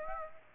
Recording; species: mosquito wingbeat signal from an infrared sensor; Aedes aegypti